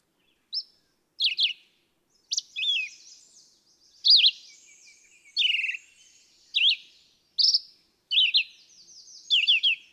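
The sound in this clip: Red-eyed vireo delivering a steady series of short, slurred whistled phrases about a second apart, some with quick doubled notes.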